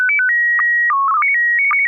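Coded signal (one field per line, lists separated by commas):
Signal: SSTV (slow-scan television)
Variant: PD 120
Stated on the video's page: SSTV net on an FM repeater at 441.300 MHz in Sacramento, CA, using MMSSTV software.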